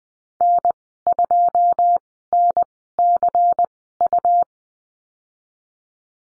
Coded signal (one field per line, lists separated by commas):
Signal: Morse code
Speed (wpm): 20 wpm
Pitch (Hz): 700 Hz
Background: none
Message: N2NCU